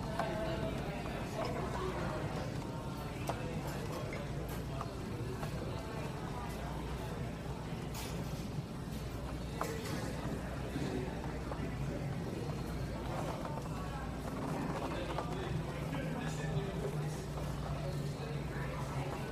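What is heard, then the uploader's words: Coffee shop ambience with a steady, dense murmur of overlapping voices and a low rumble underneath. Short clinks of dishes break through now and then, and a faint hissing tone rises around the middle and later part, like milk being steamed. Ambient coffeehouse sounds. No music, just coffeeshop sounds. All Raw and mixed audio recorded on: Focusrite Scarlett CM25, Focusrite Scarlett 2i2 Audio interface.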